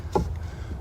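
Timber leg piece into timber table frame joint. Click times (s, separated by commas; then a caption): 0.2 s. A timber leg piece is pushed into a timber table frame joint during a dry fit of a planned coffee table. A single knock-like hit sounds at 0.2 s, with low body around 400–900 Hz, over a steady low hum. The joint knocks into place and locks, seated.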